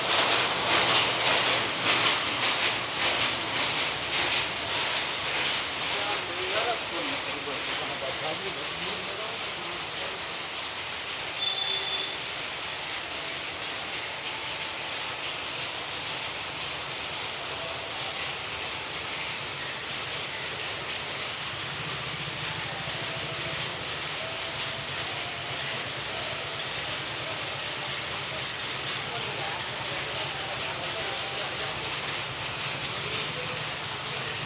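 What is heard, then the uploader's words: Powerlooms clatter in a dense, fast, regular rhythm that never lets up, a bright mechanical rattle filling the whole clip. The din is loudest in the first dozen seconds, then settles slightly lower and steady, with a brief high tone near twelve seconds and a low hum later on. Powerlooms of Cubbonpete. Walking through the Cubbonpete with two shoulder-mounted condenser mics and a field recorder in my backpack, I was able to capture the sounds of several power-loom industries located in the tiny back-roads. The looms "loom" into focus as I approach them and fade out as I walk away.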